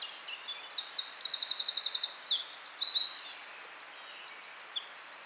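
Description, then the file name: Eurasian wren pouring out a shrill, rapid song with quick notes and fast rattling trills, about four and a half seconds long. "Troglodytes troglodytes"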